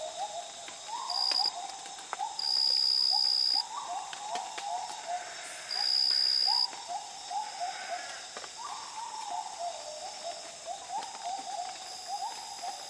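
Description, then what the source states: Gibbon in a long run of fast, rising hooting notes, with bursts of a piercing high whine and steady background buzzing. Calm dawn chorus in the jungles of the Borneo rainforest, with insects.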